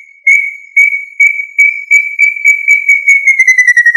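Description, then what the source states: Quail giving a series of pure whistled notes that come faster and slide slightly downward at the end. Family Tinamidae; local name Puyuh.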